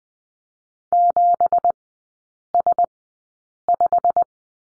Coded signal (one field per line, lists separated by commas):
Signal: Morse code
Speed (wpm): 20 wpm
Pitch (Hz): 700 Hz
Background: none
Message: 7S5